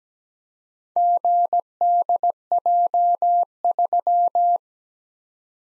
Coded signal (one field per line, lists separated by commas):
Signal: Morse code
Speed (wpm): 17 wpm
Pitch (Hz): 700 Hz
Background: none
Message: GDJ3